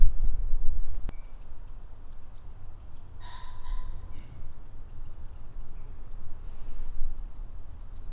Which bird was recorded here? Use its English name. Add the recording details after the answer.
Common Pheasant. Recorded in the wild. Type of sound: call. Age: adult. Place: Mühlenbeck, am Tegeler Fließ, Brandenburg, DE. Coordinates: 52.6461, 13.3939. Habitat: grassland. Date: 1993-03-21 11:03. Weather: heiter, schwacher Wind, ca. 12°C. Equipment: Aiwa HD-S1, Sennheiser ME 80, K 30 AV. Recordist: Frommolt, Karl-Heinz. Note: Fließteiche bei Mühlenbeck: 1 Ruf, relativ leise